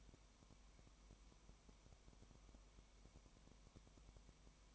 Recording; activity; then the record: daily activity, microphone in the room; no activity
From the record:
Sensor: 1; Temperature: 19.0 degrees Celsius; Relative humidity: 34.1%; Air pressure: 1001.3 hPa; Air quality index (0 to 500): 82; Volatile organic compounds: 1 ppm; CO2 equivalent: 821 ppm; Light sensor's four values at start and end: 1/2/1/1 and 1/2/1/1